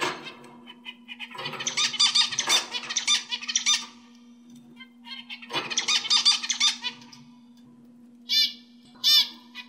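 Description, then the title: Oriental magpie-robin giving two long bursts of busy, high warbling, followed by two short, clear, ringing notes, with a steady low hum throughout. "Kicau Kacer"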